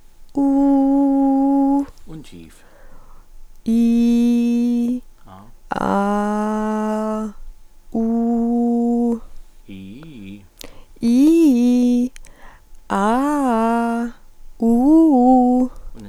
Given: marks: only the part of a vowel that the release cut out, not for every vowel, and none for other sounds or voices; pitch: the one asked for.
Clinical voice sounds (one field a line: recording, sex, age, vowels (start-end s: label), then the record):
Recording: sustained vowels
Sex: female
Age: 20 to 29 years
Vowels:
0.46-1.54 s: vowel /u/, high pitch
3.75-4.75 s: vowel /i/, low pitch
6.02-7.15 s: vowel /a/, low pitch
8.00-9.05 s: vowel /u/, low pitch
11.09-11.97 s: vowel /i/, low-high-low pitch
12.97-14.00 s: vowel /a/, low-high-low pitch
14.69-15.56 s: vowel /u/, low-high-low pitch
From the record:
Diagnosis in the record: healthy voice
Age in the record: 24 years